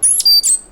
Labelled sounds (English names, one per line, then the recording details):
Stitchbird song
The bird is a male
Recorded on Tiritiri Matangi Island, New Zealand, in 2005
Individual 1, of nest box 1